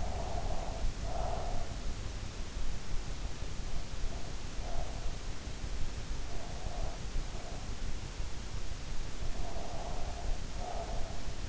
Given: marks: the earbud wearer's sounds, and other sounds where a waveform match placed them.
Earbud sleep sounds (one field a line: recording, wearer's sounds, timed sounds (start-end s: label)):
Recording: sounds in sleep by an in-ear microphone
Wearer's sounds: breath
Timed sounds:
0.00-1.91 s: breath
9.34-11.48 s: breath